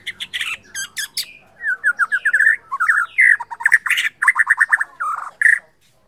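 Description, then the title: White-rumped shama with harsh rasping notes giving way to rapid, loud whistled trills and warbles pouring out almost without pause. Borneo. "MURAI BORNEO MAS KIKI"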